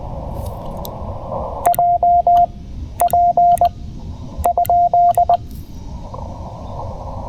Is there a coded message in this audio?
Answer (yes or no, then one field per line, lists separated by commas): yes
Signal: Morse code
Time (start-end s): 1.7-5.4 s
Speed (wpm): 19 wpm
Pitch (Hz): 690 Hz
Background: none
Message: J P ?